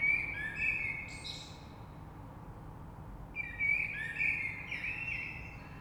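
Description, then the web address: Common blackbird sings two phrases about three seconds apart: smooth, flute-like warbling with a brief high squeaky flourish at the end of each. Recorded 3 March 2020. "oiseaux Rush Merle 3-3-2020"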